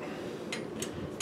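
A bicycle cassette lockring, threaded onto an aluminum freehub body, is tightened until its serrated washer clicks. Soft, sharp ticks sound at 0.5, 0.8 and 1.2 seconds over a low steady background hum, and the lockring is seated.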